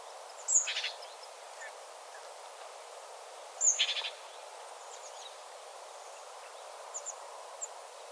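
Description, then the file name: Great tit calls: twice a sharp high note runs into a short rasping chatter, about three seconds apart, with faint thin notes afterwards. "Parus major"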